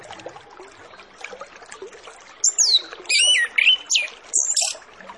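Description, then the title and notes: Orange-headed Thrush song: about two seconds of looping, high, sliding whistles and fast squeaky notes in several quick phrases, over constant soft background chatter. Lure recording of full song with fill-in phrases (isian), used to prompt Orange-headed Thrushes to start singing quickly (ngeplong). "Masteran Anis Kembang Full Isian Untuk Suara Pancingan Anis Kembang Agar Cepat Ngeplong. Suara Burung Anis Kembang"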